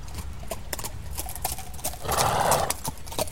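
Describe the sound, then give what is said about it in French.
Hooves clop in a steady, uneven rhythm as a horse comes along at a château, and partway through it lets out a loud, breathy neigh before the clopping continues. “Voyez, voilà déjà son cheval.”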